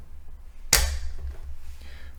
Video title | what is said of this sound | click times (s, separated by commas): Best Budget Robot Vacuum Cleaner and Mop 2026 - Robot Vacuum Cleaner Parts Review and Unboxing | Once you hear that click, it's nice and snug and you got it in right. | 0.7 s